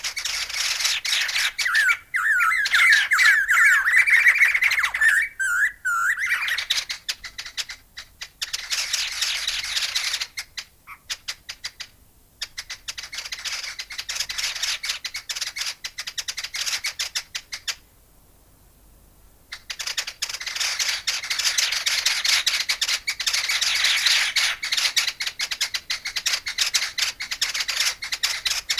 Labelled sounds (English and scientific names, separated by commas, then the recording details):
White-necked Laughingthrush (Garrulax strepitans) call
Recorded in captivity
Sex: group
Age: adult
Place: Tierpark Berlin, Berlin, DE
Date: 2000-12-21 15:37
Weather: overcast, 0°C
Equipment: Nagra SN, Kopie Uher 4000 Report Monitor
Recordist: Tembrock, Günter